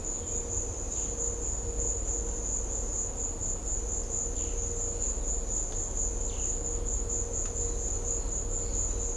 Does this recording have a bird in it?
no